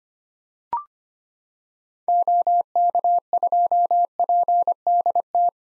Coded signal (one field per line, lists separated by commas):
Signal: Morse code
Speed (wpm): 25 wpm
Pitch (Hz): 700 Hz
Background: none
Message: OK2PDT